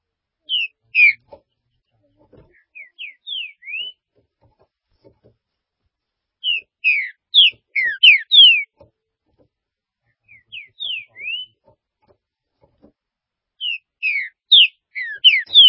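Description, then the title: Green-winged saltator singing: phrases of sharp whistled notes sliding up and down, loud phrases alternating with quieter ones. "Trinca Ferro"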